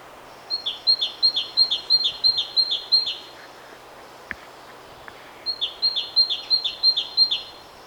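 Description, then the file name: Great tit singing bright, high two-note phrases in rapid repeated series, one burst of about eight then a shorter second burst after a pause with a couple of faint clicks. "Parus major"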